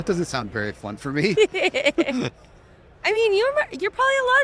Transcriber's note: laughs